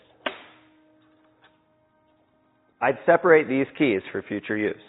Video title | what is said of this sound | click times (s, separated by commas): Magnum Bliss 🔧 Assembly Video - or get local 🚴 Ride Ready Delivery with Ocala E-Bike Company | and just push until it clicks. | 0.3 s